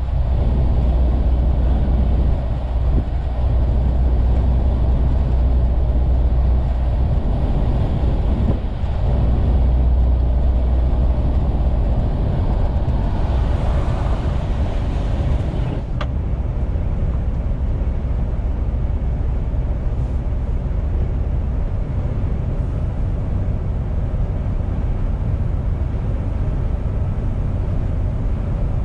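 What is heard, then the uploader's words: A truck engine drones steadily throughout, a deep constant rumble with a low hum that swells briefly near the start and again around nine to eleven seconds. A hissing rush rises around thirteen seconds, followed by a sharp click at sixteen. Truck driver sound.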